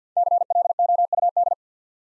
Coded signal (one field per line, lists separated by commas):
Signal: Morse code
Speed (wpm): 47 wpm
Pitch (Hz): 700 Hz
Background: none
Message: CLOUD